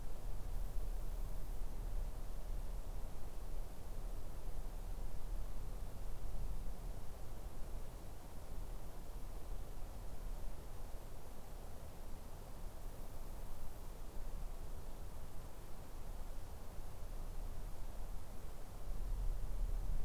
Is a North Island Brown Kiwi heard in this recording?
no